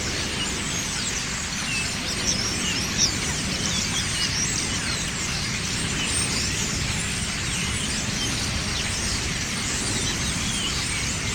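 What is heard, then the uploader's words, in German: Starlings chatter in the evening, a dense, unbroken mass of high, scratchy calls and whistles that holds steady for the whole stretch. A constant low rumble runs underneath, with a couple of brief louder clicks around the two- and three-second marks. Stare Am Abend. Stare die landen.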